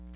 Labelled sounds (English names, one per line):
Chestnut-sided Warbler flight call